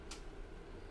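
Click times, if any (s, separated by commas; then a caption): 0.1 s. A dry powder asthma inhaler is closed by pressing its cover or lever back onto the inhaler body once, giving a single short, bright tick at 0.1 s over a quiet, steady background. The cover seats with one click on closing, compared with the two clicks heard when opening.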